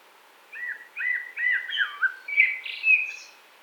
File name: cherniy drozd